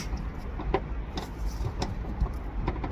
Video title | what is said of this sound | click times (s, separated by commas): LAND ROVER DISCOVERY 5 (L462) WINDOW REGULATOR REPLACEMENT IN DETAIL | Right. I heard a little click. Maybe you didn't hear it on the camera, but that's clicked in place. | 0.7 s